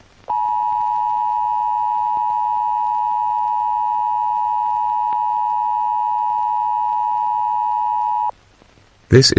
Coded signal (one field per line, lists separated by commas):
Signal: Emergency Alert System (SAME) tones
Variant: 853 and 960 Hz attention tone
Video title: Eas scenario #4 im not loving it